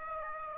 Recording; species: mosquito wingbeat signal from an infrared sensor; Aedes aegypti